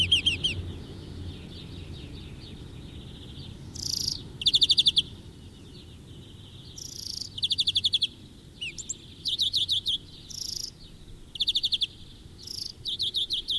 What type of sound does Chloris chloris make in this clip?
song